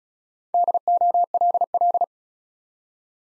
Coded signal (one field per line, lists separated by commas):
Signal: Morse code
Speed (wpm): 37 wpm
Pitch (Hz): 700 Hz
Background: none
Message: DOLL